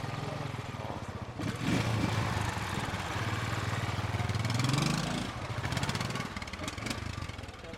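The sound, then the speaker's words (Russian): A motorcycle engine revs steadily, its buzzing drone rising in pitch and then sliding down as it rides past, before settling back into a rough idle-like rumble. “Мимо проезжает Скар на мотоцикле.”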